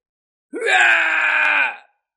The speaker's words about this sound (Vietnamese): Một tiếng hét thảm phát ra, vị cổ thánh này giãy giụa kịch liệt nhưng lại khó có thể tránh thoát.